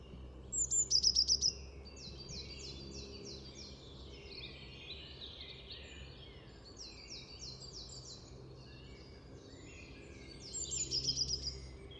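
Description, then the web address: Eurasian blue tit calls: a burst of fast, high ticking notes, then a long run of thin descending chirps, and a second ticking burst near the end, over low steady background rumble. "cianscape. Deverinetal"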